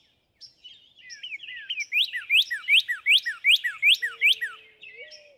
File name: Northern Cardinal